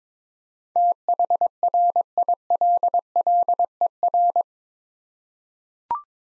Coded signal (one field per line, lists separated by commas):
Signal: Morse code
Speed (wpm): 22 wpm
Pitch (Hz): 700 Hz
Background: none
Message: THRILLER